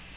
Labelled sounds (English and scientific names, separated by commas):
Yellow-rumped Warbler (Setophaga coronata) flight call